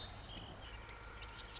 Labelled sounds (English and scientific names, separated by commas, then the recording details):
Marsh Wren (Cistothorus palustris)
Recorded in Sonoma County, California